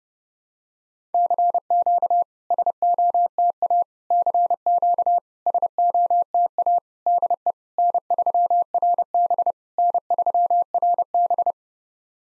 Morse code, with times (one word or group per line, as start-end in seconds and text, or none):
1.1-2.2 CQ
2.5-3.8 SOTA
4.1-5.2 CQ
5.5-6.8 SOTA
7.1-7.5 DE
7.8-9.5 N3RB
9.8-11.5 N3RB